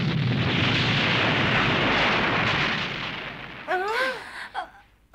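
A loud, sustained crackling thunder blast with heavy rumble, the "Jupiter Thunder" magical lightning attack from the anime Sailor Moon, gradually fading, followed by a couple of short vocal cries or gasps near the end.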